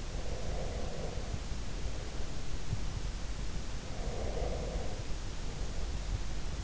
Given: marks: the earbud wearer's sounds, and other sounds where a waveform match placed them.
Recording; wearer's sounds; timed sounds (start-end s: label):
sounds in sleep by an in-ear microphone; breath
0.00-2.50 s: breath
4.00-6.11 s: breath